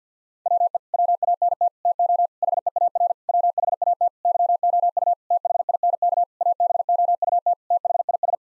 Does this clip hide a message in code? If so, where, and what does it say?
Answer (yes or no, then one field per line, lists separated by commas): yes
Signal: Morse code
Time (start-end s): 0.5-8.3 s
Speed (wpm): 49 wpm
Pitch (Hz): 700 Hz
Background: none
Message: WE WANT TO HEAR WHAT YOU THINK ABOUT THIS